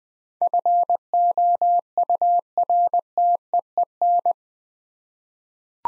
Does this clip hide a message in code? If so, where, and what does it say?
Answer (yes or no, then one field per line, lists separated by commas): yes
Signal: Morse code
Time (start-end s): 0.4-4.3 s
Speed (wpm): 20 wpm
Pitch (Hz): 700 Hz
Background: none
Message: FOURTEEN